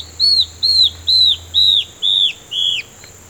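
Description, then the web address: Yellow-browed antbird call: a series of six high arched whistles, evenly repeated about twice a second, the last slightly lower. "sound Yellow-browed-antbird. دانلود-صدای-پرنده-مورچه-مرغ-ابرو-زرد"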